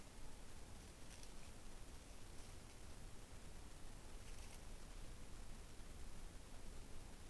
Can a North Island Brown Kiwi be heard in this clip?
no